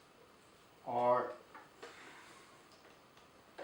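Someone talks briefly as a right-side sweeper brush is handled onto the drive shaft of an ABIR X8 robot vacuum, followed by faint plastic handling knocks around 1.6 s and 1.8 s. Nothing has seated or clicked yet.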